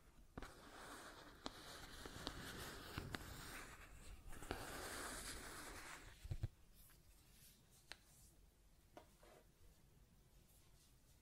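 Scratching and tracing sounds, a dense rasping texture that runs fairly steadily for the first six seconds with sharp clicks and taps dotted through it. After a louder knock near six seconds it drops away, leaving a quieter stretch with occasional scattered ticks.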